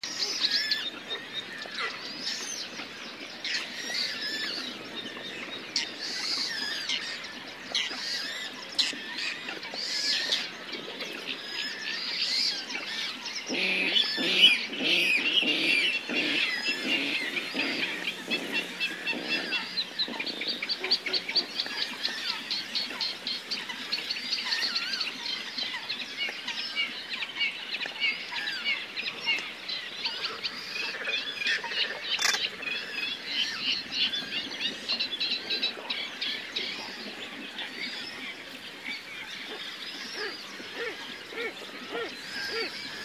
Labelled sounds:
Whiskered Tern (Chlidonias hybrida) flight call
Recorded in the wild
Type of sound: flight call
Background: Fulica atra, Rallus aquaticus
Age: adult
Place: Kützerhof, Kummerower See, Mecklenburg-Vorpommern, DE
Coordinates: 53.8531, 12.8686
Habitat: wetland
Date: 2010-06-22
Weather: fair, 9°C, weak winds
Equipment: Sound Devices 702, Rode NT1-A Stereopaar
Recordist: Frommolt, Karl-Heinz
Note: Straße vom Kützerhof nach Aalbude, Polder Große Rosin: Flugrufe von Weißbartseeschwalben. Tiere gesehen. Dazwischen Quieken einer Wasserralle

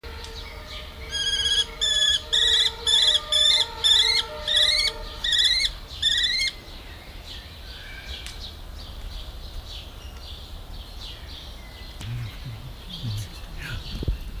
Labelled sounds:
Mauritius Kestrel (Falco punctatus) call
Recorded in captivity
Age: adult
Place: Tierpark Berlin, Berlin, DE
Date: 1997-06-28 18:18
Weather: 25°C, heiter
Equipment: Sony MD-WM MZ-R3, Sennheiser MKH 416 T, Kopie Uher 4000 Report Monitor
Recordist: Tembrock, Günter

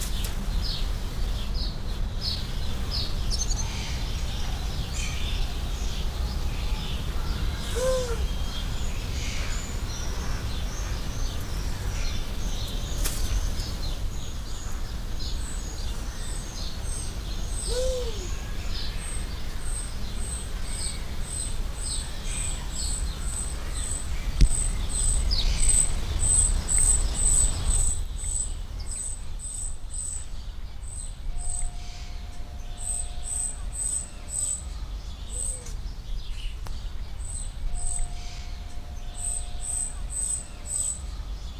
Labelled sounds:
Beautiful Fruit Dove (Ptilinopus pulchellus) call
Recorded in captivity
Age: adult
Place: Zoo Berlin, Berlin, DE
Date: 1998-06-20 11:21
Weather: partly sunny, 22°C
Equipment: Sony MD-WM MZ-R3, Sennheiser ME 80, Kopie Uher 4000 Report Monitor
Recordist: Tembrock, Günter

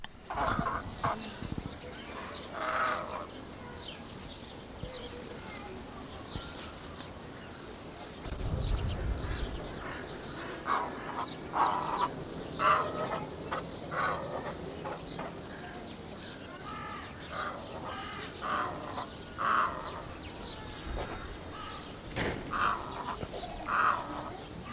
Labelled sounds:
White-faced Heron (Egretta novaehollandiae) call
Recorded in captivity
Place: Tierpark Berlin, Berlin, DE
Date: 1992-04-04 11:30
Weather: bedeckt, 5-8°C
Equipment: Nagra SN, Mikrofon AKG CK 8, Kopie Tesla B 116
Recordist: Tembrock, Günter

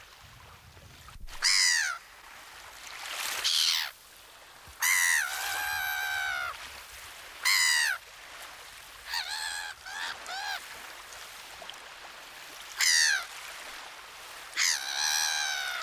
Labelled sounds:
Black-headed Gull (Chroicocephalus ridibundus) flight call
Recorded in the wild
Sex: group
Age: adult
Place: Kölpinsee, Insel Usedom, Mecklenburg-Vorpommern, DE
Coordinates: 54.035, 14.0311
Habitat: Baltic Sea, beach
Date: 1983-09-17 13:52
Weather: overcast
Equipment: Nagra SN, Sennheiser MKH 416 T, Kopie Uher 4000 Report Monitor
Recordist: Tembrock, Günter

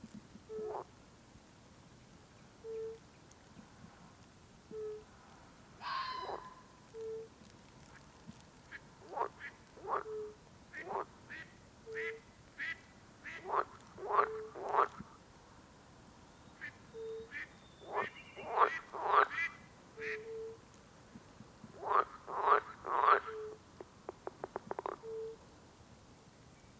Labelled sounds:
Fire-Bellied Toad (Bombina bombina) call
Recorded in the wild
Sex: male
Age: adult
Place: Bernau bei Berlin, Börnicker Feldflur, Brandenburg, DE
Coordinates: 52.667, 13.625
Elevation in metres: 86
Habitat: pond
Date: 2023-05-03 21:39
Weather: air 16°C, water 16°C
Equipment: Sound Devices 702, Sennheiser MKH 415 T, Rhode Windschutz
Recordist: Frommolt, Karl-Heinz

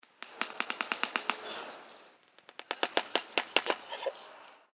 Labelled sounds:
Shoebill (Balaeniceps rex)
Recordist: Tembrock, Günter
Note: Schnabelklappern

